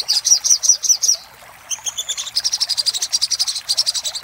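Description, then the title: Little spiderhunter song, a short run of loud high chips, a pause, then a longer rapid series of thin metallic notes. Master recording used for training cage birds, labelled 'Labaik'. "Masteran Burung Sogok Ontong Labaik"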